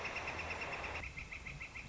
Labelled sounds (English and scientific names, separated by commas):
Northern Flicker (Colaptes auratus)